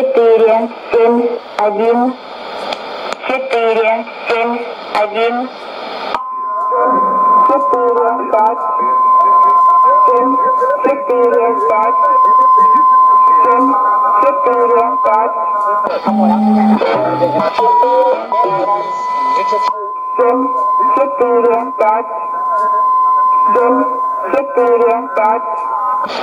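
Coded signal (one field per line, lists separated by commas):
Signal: numbers station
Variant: S06s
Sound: voice reading repeated digit groups like 4 7 1, 7 4 5, with steady tone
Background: radio static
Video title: 11 03 2015 Numbers station S06s 0830 on two frequency 9255 CUSB and 11854 CUSB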